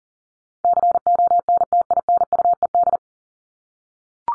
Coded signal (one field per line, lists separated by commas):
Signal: Morse code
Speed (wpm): 40 wpm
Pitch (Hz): 700 Hz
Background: none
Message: CONTINUED